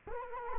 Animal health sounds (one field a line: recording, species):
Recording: mosquito wingbeat signal from an infrared sensor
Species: Culex quinquefasciatus